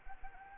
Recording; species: mosquito wingbeat signal from an infrared sensor; Anopheles arabiensis